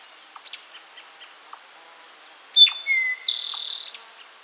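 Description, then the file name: Eastern towhee song: a sharp high note and a lower whistled note, then a loud buzzy trill, with faint soft chirps scattered before and after. "Eastern Towhee - Pipilo erythrophthalmus"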